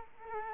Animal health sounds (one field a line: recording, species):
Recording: mosquito wingbeat signal from an infrared sensor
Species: Culex quinquefasciatus